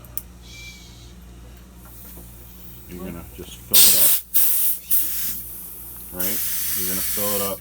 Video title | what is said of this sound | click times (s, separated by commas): Talking about compressed air | You're gonna lock the end on. | 0.2 s